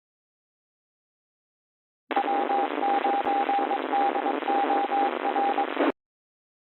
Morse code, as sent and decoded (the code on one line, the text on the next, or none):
.-- ----. -.. --- .-.
W9DOR